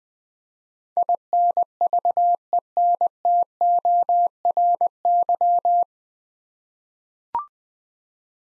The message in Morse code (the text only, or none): INVENTORY